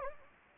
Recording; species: mosquito wingbeat signal from an infrared sensor; Anopheles gambiae